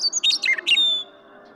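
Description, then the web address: Western meadowlark song, starting mid-phrase with bright, liquid warbled notes and ending on a long, clear descending whistle. "birdsongforthecurious songs Western Meadowlark"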